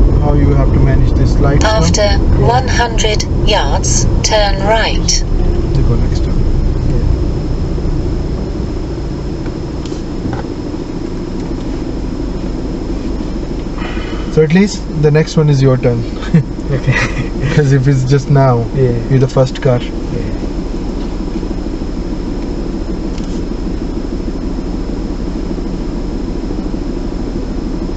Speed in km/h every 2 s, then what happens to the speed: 23, 18, 13, 5, 0, 0, 0, 0, 0, 0, 0, 0, 0, 0.
0-7 slows to 0. 7-28 standing.